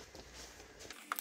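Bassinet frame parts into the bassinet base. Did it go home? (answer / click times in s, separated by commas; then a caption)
no / none. Frame parts of a SNOO bassinet are pushed back into the bassinet base during reassembly after a teardown, producing quiet, low-level handling and rustling with a couple of brief, louder handling knocks near the end. Nothing has seated or clicked into place yet.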